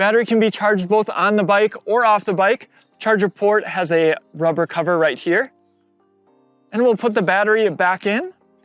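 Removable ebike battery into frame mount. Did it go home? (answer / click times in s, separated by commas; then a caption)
no / none. A removable battery for a RadWagon 5 e-bike is being put back into its frame mount while someone talks over quiet background music. Nothing has seated or clicked yet.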